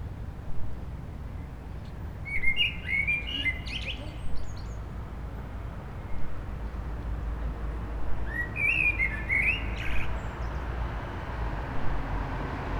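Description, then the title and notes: Common blackbird giving two rich warbling phrases that close in a scratchy twitter, about six seconds apart, against a heavy background of urban traffic noise. Several blackbirds singing after sunset on a mild day, eve of the winter solstice, on an urban street in Aix-les-Bains, France, with urban traffic. "Rue Jacques Cartier, 73100 Aix-les-Bains, Auvergne-Rhône-Alpes, France - Merle du solstice. En cette douce journée les merles commencent à chanter après le coucher du soleil, passages d'avions, circulation urbaine demain c'est le solstice d'hiver"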